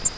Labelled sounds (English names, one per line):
Grace's Warbler flight call